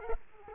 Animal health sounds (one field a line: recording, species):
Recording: mosquito wingbeat signal from an infrared sensor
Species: Culex quinquefasciatus